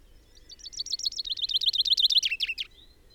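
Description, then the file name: Common chaffinch song: a rapid series of sharp repeated notes, falling slightly in pitch and ending in a louder flourish, lasting about two seconds. "Fringilla coelebs"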